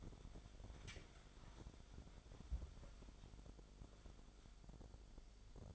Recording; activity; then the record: daily activity, microphone in the room; wipe stove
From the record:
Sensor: 5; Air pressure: 1007.2 hPa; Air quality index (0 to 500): 172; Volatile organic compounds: 4 ppm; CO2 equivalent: 1652 ppm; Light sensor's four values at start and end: 52/144/57/57 and 52/145/57/57